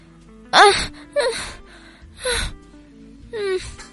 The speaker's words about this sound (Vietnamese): thì bất chợt trên sân nhỏ truyền ra tiếng thở phì phò.